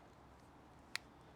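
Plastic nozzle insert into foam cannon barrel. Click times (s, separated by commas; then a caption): 0.9 s. A plastic nozzle insert is pushed all the way into the barrel of an MJJC Foam Cannon Pro V2, with its four slots aligned to the barrel's four tabs. After a quiet stretch, a single short, sharp click sounds at 0.95 s as the insert seats fully in the barrel.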